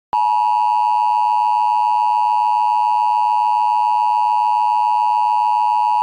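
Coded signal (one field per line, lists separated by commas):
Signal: Emergency Alert System (SAME) tones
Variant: 853 and 960 Hz attention tone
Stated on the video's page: Mock recreation of a VistaLink tornado watch error, self-activated.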